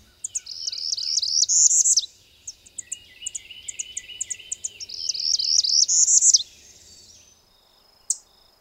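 Northern Parula singing two rising buzzy trills with abrupt endings, with lower chipping notes between them and a single sharp high note near the end.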